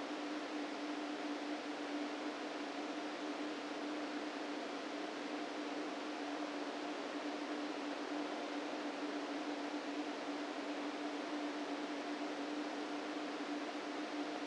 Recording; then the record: brain microelectrode recording played as sound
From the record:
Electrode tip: outside the subthalamic nucleus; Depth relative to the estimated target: 4 mm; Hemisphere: right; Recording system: NeuroSet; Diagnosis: Parkinson's disease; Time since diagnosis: 13 years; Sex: male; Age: 49 years